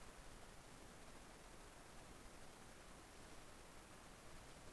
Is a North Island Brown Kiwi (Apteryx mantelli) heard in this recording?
no